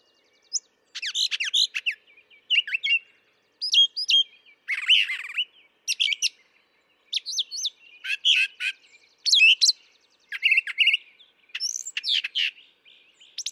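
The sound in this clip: Brown thrasher in sustained song, a long sequence of short varied phrases, harsh buzzes mixed with high chirps and slurs, each burst followed by a brief pause.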